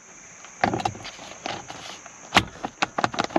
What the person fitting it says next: it's the most satisfying click ever